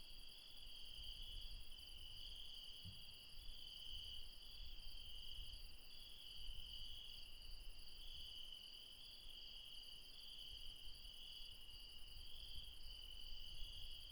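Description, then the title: Insects in a continuous high-pitched chorus, steady ringing bands with a faint pulsing shimmer throughout, over low rumbling background noise. Mountain insects calling late at night near Refuge Krevatia, Barbala, Dion, Greece. "Refuge Krevatia, Μπαρμπαλά, Dion 601 00, Greece - Late night mountain insects"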